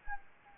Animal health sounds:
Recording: mosquito wingbeat signal from an infrared sensor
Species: Anopheles gambiae

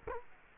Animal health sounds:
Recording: mosquito wingbeat signal from an infrared sensor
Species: Culex quinquefasciatus

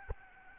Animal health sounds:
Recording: mosquito wingbeat signal from an infrared sensor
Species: Aedes albopictus

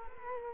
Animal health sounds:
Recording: mosquito wingbeat signal from an infrared sensor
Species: Culex quinquefasciatus

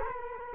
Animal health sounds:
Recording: mosquito wingbeat signal from an infrared sensor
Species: Culex quinquefasciatus

